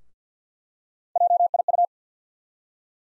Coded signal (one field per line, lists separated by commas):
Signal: Morse code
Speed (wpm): 50 wpm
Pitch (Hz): 700 Hz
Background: none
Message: JIU